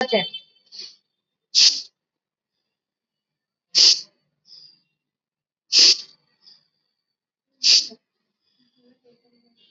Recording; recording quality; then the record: shallow breathing; excellent, no background noise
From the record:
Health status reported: exposed to COVID-19, no respiratory illness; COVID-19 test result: negative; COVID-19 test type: RT-PCR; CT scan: taken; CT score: 15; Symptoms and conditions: breathing difficulty, fatigue, chronic lung disease, ischaemic heart disease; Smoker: no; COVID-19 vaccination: both doses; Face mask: worn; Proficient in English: yes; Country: India